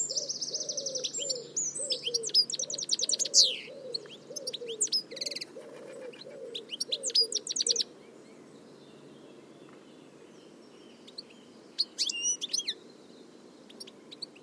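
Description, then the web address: Bird chirps and rapid twitters for about eight seconds, with soft low cooing notes repeating beneath, then quiet with a few later high calls. "Deverinetal"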